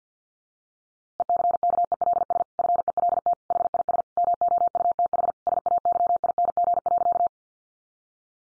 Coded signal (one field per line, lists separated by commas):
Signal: Morse code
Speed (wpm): 50 wpm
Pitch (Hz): 700 Hz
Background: none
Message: ECKELS FELT HIS MOUTH SAYING.